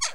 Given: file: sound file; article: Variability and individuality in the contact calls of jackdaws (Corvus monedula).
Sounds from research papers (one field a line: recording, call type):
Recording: jackdaw call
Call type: harmonic